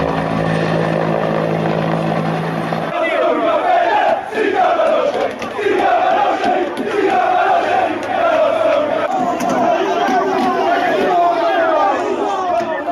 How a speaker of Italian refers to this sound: Questo è il casino dei tifosi della Nocerina.